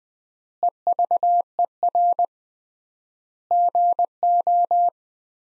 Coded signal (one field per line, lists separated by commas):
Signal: Morse code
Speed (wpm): 20 wpm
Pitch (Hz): 700 Hz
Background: none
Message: EVER GO